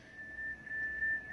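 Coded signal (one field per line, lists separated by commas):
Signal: FT8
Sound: a single steady warbling tone near 1.7 kHz with tiny pitch steps over hiss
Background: radio static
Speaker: it goes really well here on 40 and it's a there's a strong signal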